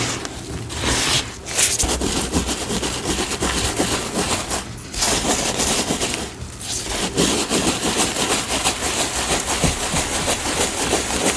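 Green cornstarch and gym chalk powder being sifted and mixed, a dense, continuous scratchy hiss with gritty crunching throughout. Brief lulls break the texture around 1, 5 and 6.5 seconds before the rough, steady rustling resumes at an even level.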